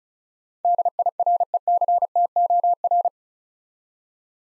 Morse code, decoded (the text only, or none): DIRECTOR